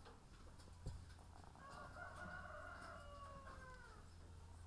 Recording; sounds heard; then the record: poultry house recording; sick chickens (respiratory disease)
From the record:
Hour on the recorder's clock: 18